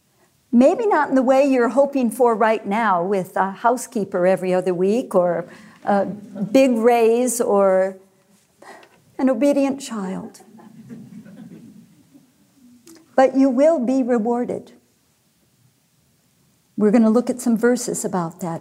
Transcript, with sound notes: It may not be in the way you’re hoping for right now, with a housekeeper every other week or a big raise or an obedient child, (laughter) but you will be rewarded. We’re going to look at some verses about that.